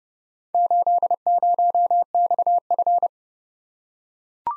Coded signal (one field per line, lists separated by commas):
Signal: Morse code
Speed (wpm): 29 wpm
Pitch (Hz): 700 Hz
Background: none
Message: 80XF